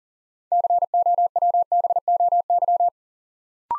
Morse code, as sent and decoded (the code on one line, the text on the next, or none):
-.-. --- .-- -... --- -.--
COWBOY